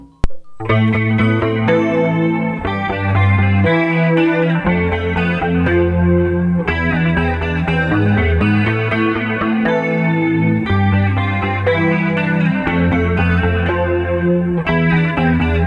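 A pop song plays steadily at a loud, even level, with dense sustained chords and heavily effected tones that sound chorused and lightly distorted, carrying a rhythmic pulse throughout.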